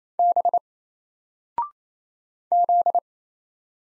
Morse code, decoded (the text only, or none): B Z